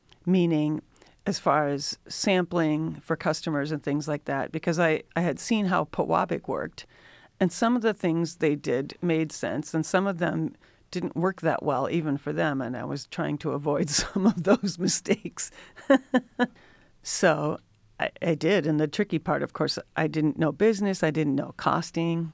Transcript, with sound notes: Meaning, as far as sampling for customers and things like that, because I had seen how Pewabic worked, and some of the things they did made sense, and some of them didn't work that well, even for them, and I was trying to avoid some of those mistakes. [LAUGHTER] I did. The tricky part, of course, I didn't know business, I didn't know costing.